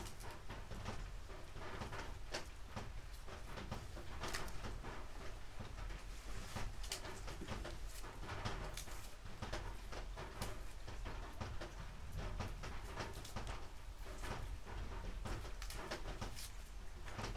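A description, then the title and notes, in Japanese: Harvested green onions are being trimmed and prepared, with frequent sharp snaps, crackles and papery rustles coming in irregular bursts throughout the 17 seconds. Beneath the handling noise runs a constant low rumble, like machinery humming at an even level. 出荷日の昼下がり。収穫してきたネギの調整作業中(皮むき、葉落とし、軽量、束にする)。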